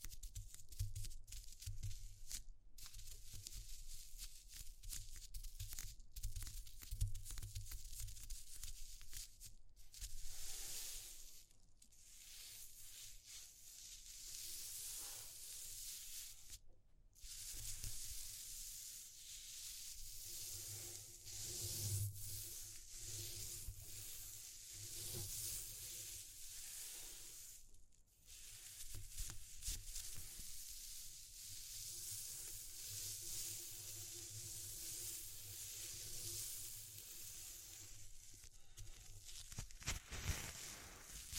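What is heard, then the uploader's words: A dense, bright hiss like sizzling frying food runs steadily throughout, broken by brief silent gaps around 2, 10, 17 and 28 seconds. ASMR Exploring Textures (No Talking).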